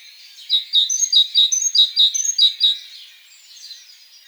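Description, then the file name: Great tit song of sharp high notes, a phrase repeated several times in quick succession before trailing off into fainter notes. "Parus major"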